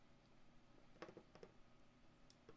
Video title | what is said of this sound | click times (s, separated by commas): SP BRUTAL, SO AMAZING - NAYS GARDEN! | oh i heard it click i heard a click | 2.3 s